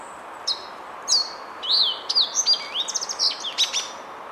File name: Passerella unalaschcensis song